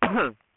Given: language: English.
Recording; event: throat vibration sensor signal played as sound; cough